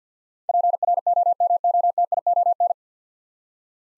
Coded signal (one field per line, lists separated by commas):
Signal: Morse code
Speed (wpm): 50 wpm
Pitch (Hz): 700 Hz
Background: none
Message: PROMOTION